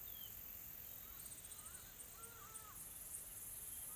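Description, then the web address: Insects make a steady, high, hissing drone with a brief run of pulsed chirps partway through, and faint whistled notes. Calm, soft insect ambience recorded in a tropical forest in South Africa. "Sonniss - GDC 2020-Game Audio Bundle Smart Sound FX - Nature South Africa AMBIENCE Additional Tropical Forest Soft Insects Calm"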